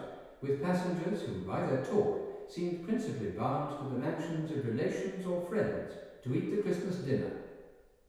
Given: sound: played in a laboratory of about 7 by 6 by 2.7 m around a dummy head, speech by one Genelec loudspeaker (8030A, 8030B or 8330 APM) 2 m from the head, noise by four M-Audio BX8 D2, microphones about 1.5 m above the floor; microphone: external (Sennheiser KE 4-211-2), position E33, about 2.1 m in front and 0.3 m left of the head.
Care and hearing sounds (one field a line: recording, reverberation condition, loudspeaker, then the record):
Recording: male speech in English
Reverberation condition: high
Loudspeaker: 150 degrees to the right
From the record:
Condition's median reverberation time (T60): about 1300 ms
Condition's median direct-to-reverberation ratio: about -4.0 dB